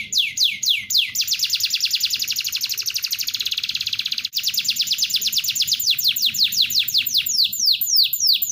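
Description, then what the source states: Canary song: rapid series of descending whistled notes, then a long fast buzzy trill with a brief break, followed by more quick sweeping notes. Tutor song of a national contest champion canary.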